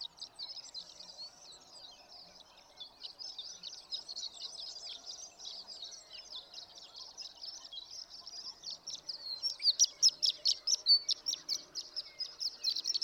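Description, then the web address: Horned lark: soft, faint high twittering at first, swelling after nine seconds into a louder, rapid sequence of crisp, tinkling notes over a low background hum. "birdsongforthecurious Horned Lark"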